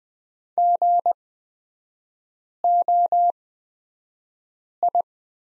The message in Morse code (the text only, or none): GOI